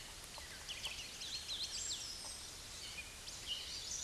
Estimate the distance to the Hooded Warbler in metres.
about 60 m